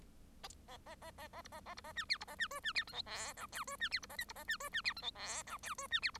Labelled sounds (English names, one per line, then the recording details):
Bengalese Finch song
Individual Bird1